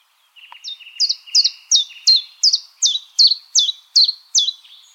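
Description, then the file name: Common chiffchaff singing a steady run of about eleven sharp, falling chip notes at a brisk even pace. "Golosa ptic - Penochka-tenkovka Phylloscopus collybita"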